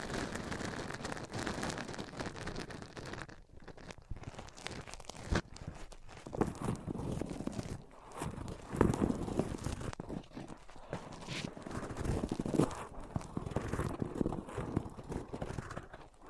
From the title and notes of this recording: ASMR Rubbing Mics On Different Surfaces (No Talking).